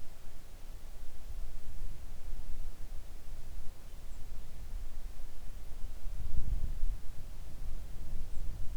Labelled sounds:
songbird, wind
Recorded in the Arctic National Wildlife Refuge, Alaska, on 3 August 2019 at 05:04
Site 41

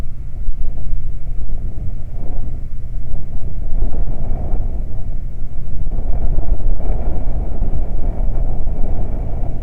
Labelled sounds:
bird, wind
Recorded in the Prudhoe Bay oil fields, Alaska, on 12 July 2019 at 00:00
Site 29

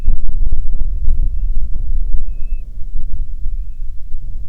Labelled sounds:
bird, wind
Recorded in the Prudhoe Bay oil fields, Alaska, on 6 August 2019 at 04:58
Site 22

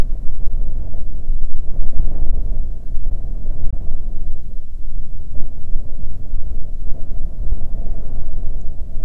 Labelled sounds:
wind
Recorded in the Prudhoe Bay oil fields, Alaska, on 15 May 2019 at 00:31
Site 24

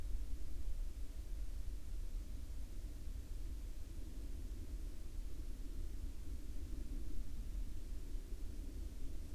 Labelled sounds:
aircraft
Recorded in the Arctic National Wildlife Refuge, Alaska, on 10 July 2019 at 12:46
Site 35

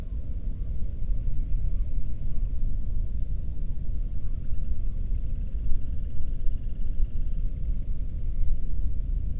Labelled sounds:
bird
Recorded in the Prudhoe Bay oil fields, Alaska, on 13 June 2019 at 00:32
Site 30

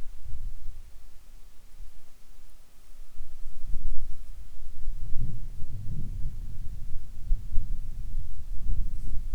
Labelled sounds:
wind, insects
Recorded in the Arctic National Wildlife Refuge, Alaska, on 7 July 2019 at 18:57
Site 41

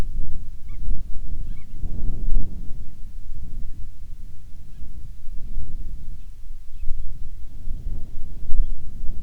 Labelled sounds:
bird, wind
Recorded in the Prudhoe Bay oil fields, Alaska, on 10 July 2019 at 14:00
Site 14

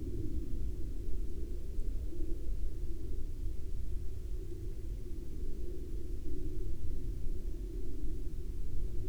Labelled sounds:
aircraft
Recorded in the Prudhoe Bay oil fields, Alaska, on 12 May 2019 at 08:51
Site 14

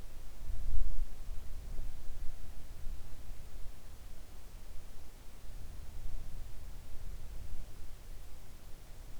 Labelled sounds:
near silence
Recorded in the Arctic National Wildlife Refuge, Alaska, on 3 August 2019 at 06:08
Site 41

